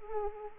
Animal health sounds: mosquito wingbeat signal from an infrared sensor; Anopheles arabiensis

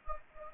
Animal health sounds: mosquito wingbeat signal from an infrared sensor; Anopheles gambiae

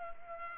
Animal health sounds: mosquito wingbeat signal from an infrared sensor; Culex pipiens

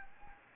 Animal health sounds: mosquito wingbeat signal from an infrared sensor; Anopheles gambiae

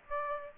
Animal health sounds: mosquito wingbeat signal from an infrared sensor; Aedes aegypti

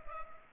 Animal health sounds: mosquito wingbeat signal from an infrared sensor; Culex pipiens

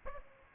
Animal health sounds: mosquito wingbeat signal from an infrared sensor; Aedes aegypti

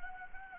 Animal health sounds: mosquito wingbeat signal from an infrared sensor; Anopheles gambiae

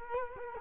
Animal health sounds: mosquito wingbeat signal from an infrared sensor; Culex quinquefasciatus

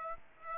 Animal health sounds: mosquito wingbeat signal from an infrared sensor; Aedes aegypti

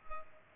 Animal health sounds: mosquito wingbeat signal from an infrared sensor; Culex pipiens

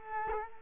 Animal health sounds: mosquito wingbeat signal from an infrared sensor; Culex quinquefasciatus

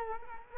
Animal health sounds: mosquito wingbeat signal from an infrared sensor; Culex quinquefasciatus

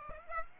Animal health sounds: mosquito wingbeat signal from an infrared sensor; Aedes aegypti

